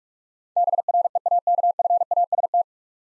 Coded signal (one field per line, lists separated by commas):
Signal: Morse code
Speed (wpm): 46 wpm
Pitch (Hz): 700 Hz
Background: none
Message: BREAKFAST